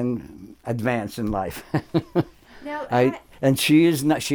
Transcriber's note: chuckles